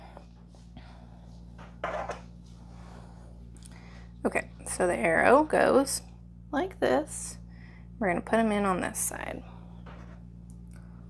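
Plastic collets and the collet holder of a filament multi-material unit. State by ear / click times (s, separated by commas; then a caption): not seated / none. Plastic collets and the plastic collet holder of an MMU3 filament multi-material unit for the MK4 are handled as the holder is picked up and its orientation checked by the imprinted arrow before the collets are pushed in. Small, faint handling knocks are heard while someone talks. No collet has clicked or seated yet.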